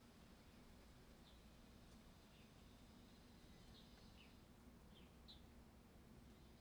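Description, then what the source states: Bird chirps, several faint short high notes scattered over a steady low refrigerator hum. Birds heard in a domestic ambience of an empty corridor, with a refrigerator running.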